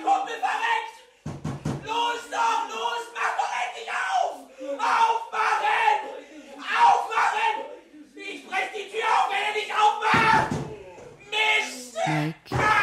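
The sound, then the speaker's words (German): A man throws himself against a door, producing a few heavy, booming thuds at irregular intervals, while loud, agitated shouting and yelling voices continue throughout. “wirft sich gegen die Tür.”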